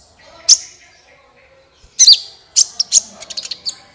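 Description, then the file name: Van Hasselt's sunbird with a few sharp high chirps, then a rapid run of thin notes near the end. "suara kolibri ninja"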